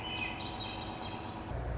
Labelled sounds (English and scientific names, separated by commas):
Swainson's Thrush (Catharus ustulatus)